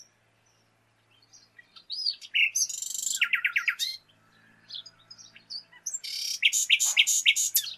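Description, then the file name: Common nightingale singing, a rapid series of repeated downslurred notes and dense high buzzy trills, separated by a brief pause. "Luscinia megarhynchos"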